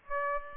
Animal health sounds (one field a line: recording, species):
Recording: mosquito wingbeat signal from an infrared sensor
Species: Aedes aegypti